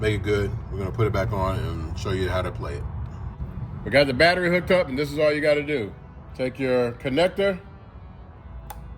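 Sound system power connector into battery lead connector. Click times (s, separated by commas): 8.7 s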